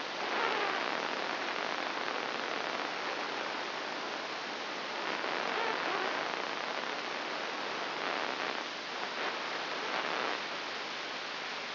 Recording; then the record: brain microelectrode recording played as sound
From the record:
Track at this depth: inside the subthalamic nucleus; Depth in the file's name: 3.602 mm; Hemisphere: right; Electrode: 3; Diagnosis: Parkinson's disease